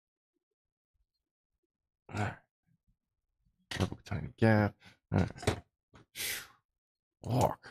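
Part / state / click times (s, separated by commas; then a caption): electronics component on model engine kit / not seated / none. An electronics component is fitted during assembly of a Cison model V8 engine kit, and no click is heard; the part has not clicked, but it is confirmed as fitted and sturdy. Over about 7.7 seconds, someone talks in short bursts separated by quiet gaps.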